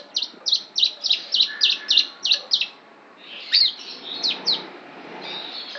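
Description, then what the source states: Lovebird song of sharp high chirps repeated about three times a second, followed by scattered slurred whistles and squeaks. Lovebird imitating the song of the Javan prinia (ciblek).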